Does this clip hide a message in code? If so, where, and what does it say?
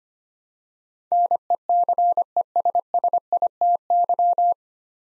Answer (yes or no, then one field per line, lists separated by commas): yes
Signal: Morse code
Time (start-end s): 1.1-4.5 s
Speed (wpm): 25 wpm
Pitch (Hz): 700 Hz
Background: none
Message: NECESSITY